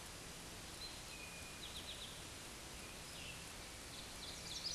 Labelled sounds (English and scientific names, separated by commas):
Eastern Towhee (Pipilo erythrophthalmus) song